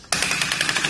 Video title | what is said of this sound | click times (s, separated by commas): etrailer - Fit Check: Yakima HoldUp Bike Rack for 2 Bikes on a 2020 Toyota Highlander | one thing I'm not a really big fan of, you might have heard that clicking that goes down. | 0.1 s, 0.4 s, 0.5 s, 0.6 s, 0.7 s, 0.8 s